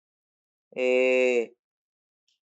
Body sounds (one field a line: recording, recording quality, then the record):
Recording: sustained vowel as in made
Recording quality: excellent, no background noise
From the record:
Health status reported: healthy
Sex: male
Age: 31 years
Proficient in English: yes